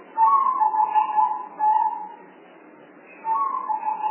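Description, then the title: Spotted dove cooing: a long first note then a shorter one, a pause, then another coo starting. Lure call for spotted doves, from a compilation of spotted dove sounds. "Pikat Burung Tekukur"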